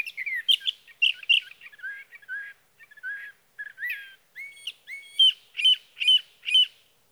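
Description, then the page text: Sage thrasher song, a long, varied warble that ends in a quick, even series of repeated upslurred notes. Male singing through the night near his night roost, evening June 12 to morning June 15, 2018, Sierra Valley, California; recorded with a Swift recorder. "Sage thrasher songs, through the night. For three nights, from the evening of June 12 to the morning of June 15, 2018, in Sierra Valley, California, I placed a Swift recorder near a male's night roost."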